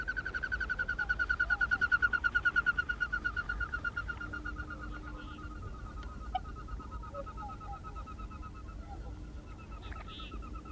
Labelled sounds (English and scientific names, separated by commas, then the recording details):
Whooper Swan (Cygnus cygnus) call
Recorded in the wild
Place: Ralswieker Forst, Insel Rügen, Mecklenburg-Vorpommern, DE
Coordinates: 54.48, 13.48
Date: 1969-04-06
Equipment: Nagra III BH, Sennheiser MD 21, parabola
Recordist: Schubert, Michael